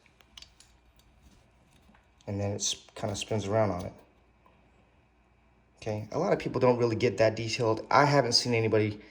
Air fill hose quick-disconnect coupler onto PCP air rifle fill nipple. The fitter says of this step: and then you got to actually push forward until it clicks.